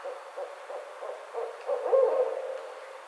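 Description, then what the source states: Barred owl call: a rhythmic series of short, low hoots building toward a louder, drawn-out hoot. Recorded on 29 May 2009.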